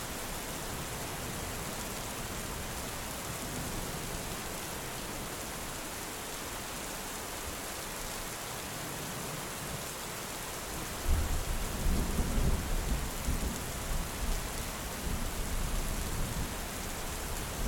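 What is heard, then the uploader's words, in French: Steady, dense rain hisses evenly across the whole clip, a constant wash of drops. Around eleven seconds a low rumble of thunder rolls in, swelling for a few seconds before settling back under the rain. L'ORAGE et la PLUIE. L'atmosphère relaxante d'un orage et d'une pluie bienfaisante. Les mélodies tonitruantes et les sons réguliers de la pluie.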